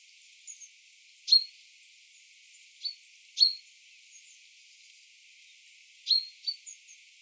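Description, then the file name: Common chaffinch calls: sharp, bright notes given singly or in quick pairs at irregular intervals, with faint high chirps in between over a light hiss. "Fringilla coelebs"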